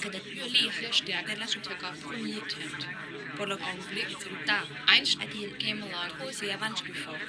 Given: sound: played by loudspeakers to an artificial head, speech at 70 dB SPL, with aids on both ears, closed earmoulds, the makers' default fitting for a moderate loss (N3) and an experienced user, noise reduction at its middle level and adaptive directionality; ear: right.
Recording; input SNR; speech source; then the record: speech test signal (ISTS) in cocktail-party noise; -3 dB; on the right (90 degrees)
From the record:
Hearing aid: class 1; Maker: E